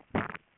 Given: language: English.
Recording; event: throat vibration sensor signal played as sound; swallow